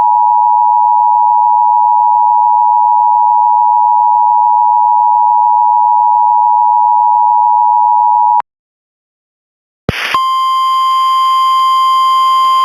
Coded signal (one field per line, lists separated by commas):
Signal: Emergency Alert System (SAME) tones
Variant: 853 and 960 Hz attention tone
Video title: MY FIRST EAS MOCK EVER!!!!!! | DDC Network / dTV